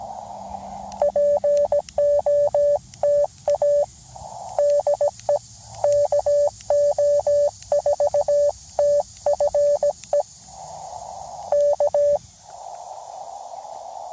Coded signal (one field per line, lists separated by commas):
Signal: Morse code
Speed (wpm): 17 wpm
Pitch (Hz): 580 Hz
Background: radio noise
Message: POTA DE KO4TFE K